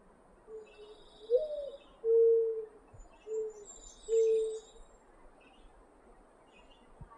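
Mourning dove song: a short rising coo followed by three long, low, steady hoots, faint high bird calls in the background.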